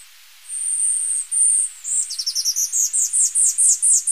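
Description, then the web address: Tanager finch singing a long, thin, high whistle, then a quick series of sharp high notes. Ecuador. "Birds of Ecuador Tanager Finch"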